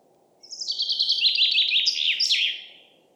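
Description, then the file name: Common chaffinch song: a bright run of repeated chirping notes descending in pitch over about two seconds, ending in a quick emphatic flourish, over a faint steady background noise. "Fringilla coelebs"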